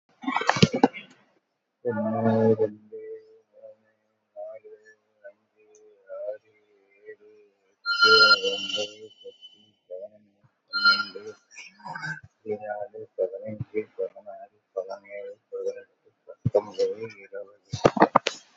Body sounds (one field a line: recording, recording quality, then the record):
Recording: counting at a normal pace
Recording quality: moderate, slight background noise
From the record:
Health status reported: COVID-19 positive, mild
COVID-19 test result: positive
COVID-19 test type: RT-PCR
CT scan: taken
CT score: 8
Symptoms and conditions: cough, fatigue, hypertension, diabetes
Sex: male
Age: 80 years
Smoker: no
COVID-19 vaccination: none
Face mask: not worn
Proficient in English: no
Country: India